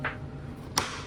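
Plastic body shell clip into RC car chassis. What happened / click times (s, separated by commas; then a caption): A plastic body clip snapped into place / 0.8 s. Another point of the plastic body shell of a 1/10 scale Hot Wheels R/C Batmobile is pushed onto the chassis, with a brief soft rustle at the start. The clip snaps in with a sharp, bright click at 0.8 s, seating the body home.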